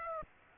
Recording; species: mosquito wingbeat signal from an infrared sensor; Aedes aegypti